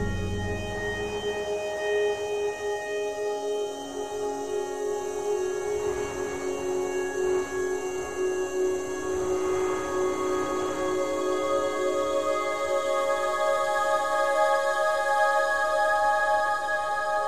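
Soft ambient music for a snowy forest: layered, sustained tones that ring and overlap like a singing bowl, holding at an even level throughout. Around the middle, brighter notes swell and shimmer before settling, over a faint, low hiss of wind.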